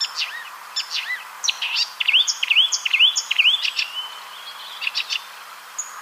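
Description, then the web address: Marsh warbler song of quick rising and falling whistled slurs mixed with harsh chatter, the loudest notes clustered in the middle of the phrase. "ljud Acrocephalus palustris"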